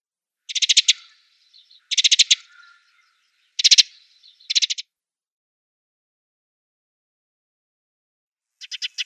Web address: Schulze Peter Eurasian Tree Sparrow calls